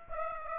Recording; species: mosquito wingbeat signal from an infrared sensor; Aedes aegypti